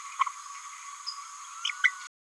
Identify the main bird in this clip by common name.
Green-rumped Parrotlet